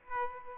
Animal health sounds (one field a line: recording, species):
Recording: mosquito wingbeat signal from an infrared sensor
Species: Aedes aegypti